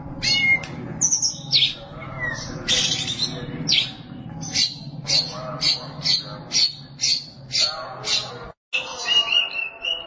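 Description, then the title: Oriental magpie-robin song: rapid series of loud, varied whistled and buzzy phrases over a steady low hum. Song (kicauan). "Suara Kicauan Burung Kacer"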